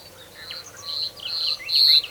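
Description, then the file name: Common nightingale singing a rapid, varied phrase of high whistles, chirps and buzzy notes, ending in a loud, bright note. "Luscinia megarhynchos"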